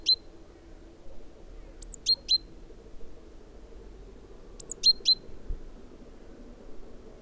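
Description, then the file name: Great tit giving three-note phrases: a high thin note followed by two sharp lower notes, with long gaps between phrases. "Parus major"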